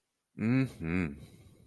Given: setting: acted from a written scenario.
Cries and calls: vocal sound without words; desire

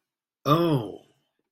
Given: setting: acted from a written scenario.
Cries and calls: vocal sound without words; realization

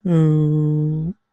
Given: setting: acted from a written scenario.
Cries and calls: vocal sound without words; serenity

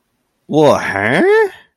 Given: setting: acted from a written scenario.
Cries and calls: vocal sound without words; confusion

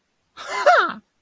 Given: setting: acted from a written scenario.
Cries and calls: vocal sound without words; triumph

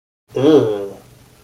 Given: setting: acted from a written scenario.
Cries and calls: vocal sound without words; disgust

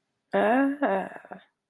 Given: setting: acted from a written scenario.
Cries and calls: vocal sound without words; desire

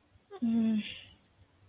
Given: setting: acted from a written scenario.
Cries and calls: vocal sound without words; guilt

